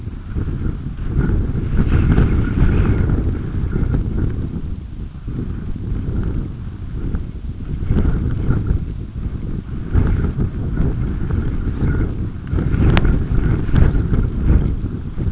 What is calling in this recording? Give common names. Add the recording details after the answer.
Red Phalarope. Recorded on Arctic tundra, site UTQI-5, on 28 June 2018. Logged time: 00:00